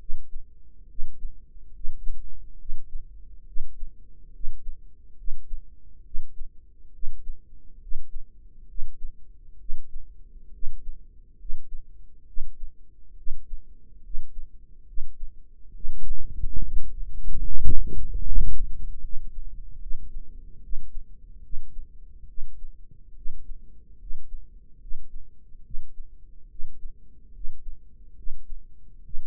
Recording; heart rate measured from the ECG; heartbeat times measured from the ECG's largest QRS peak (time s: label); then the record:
heart sounds by microphone in the right ear; 70 bpm
0.00 s: heartbeat
0.90 s: heartbeat
1.75 s: heartbeat
2.60 s: heartbeat
3.47 s: heartbeat
4.34 s: heartbeat
5.18 s: heartbeat
6.05 s: heartbeat
6.94 s: heartbeat
7.82 s: heartbeat
8.69 s: heartbeat
9.60 s: heartbeat
10.54 s: heartbeat
11.40 s: heartbeat
12.28 s: heartbeat
13.18 s: heartbeat
14.05 s: heartbeat
14.88 s: heartbeat
15.75 s: heartbeat
16.63 s: heartbeat
17.44 s: heartbeat
18.26 s: heartbeat
19.03 s: heartbeat
19.81 s: heartbeat
20.63 s: heartbeat
21.44 s: heartbeat
22.29 s: heartbeat
23.17 s: heartbeat
24.01 s: heartbeat
24.82 s: heartbeat
25.65 s: heartbeat
26.50 s: heartbeat
27.35 s: heartbeat
28.17 s: heartbeat
29.05 s: heartbeat
From the record:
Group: healthy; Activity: rest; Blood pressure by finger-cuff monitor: 143/89 mmHg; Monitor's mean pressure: 104 mmHg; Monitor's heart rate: 70 bpm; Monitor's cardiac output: 7.5 L/min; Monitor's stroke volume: 109 mL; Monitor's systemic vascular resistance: 1020 dyn s/cm5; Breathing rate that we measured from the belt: 19 breaths a minute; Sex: male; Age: 30 years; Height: 188 cm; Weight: 110.2 kg